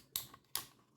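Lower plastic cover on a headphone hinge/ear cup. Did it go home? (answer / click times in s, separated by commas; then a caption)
yes / 0.2 s, 0.5 s. During a broken-hinge repair on Audio-Technica ATH-M40X headphones, the lower plastic cover is pressed onto the hinge area of the ear cup. Two sharp, bright snaps sound at 0.2 s and 0.6 s, with a faint tick between them near 0.3 s. The cover is seated and clicked firmly into place.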